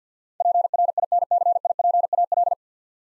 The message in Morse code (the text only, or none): PRINCIPAL